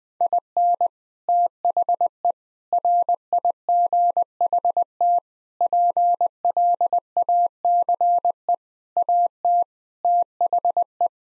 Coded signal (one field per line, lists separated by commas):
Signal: Morse code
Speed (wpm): 20 wpm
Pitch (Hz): 700 Hz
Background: none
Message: IN THE RIGHT PLACE AT THE